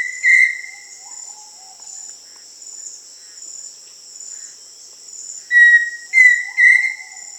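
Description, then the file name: Pheasant cuckoo whistled call: a single clear note, then after a pause a series of three whistles, over a steady high insect drone and faint lower notes. Recorded in Peru, Amazon region. "Pheasant Cuckoo (Dromococcyx phasianellus), Peru"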